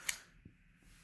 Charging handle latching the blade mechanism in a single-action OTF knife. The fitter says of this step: pull back on the charging handle until it clicks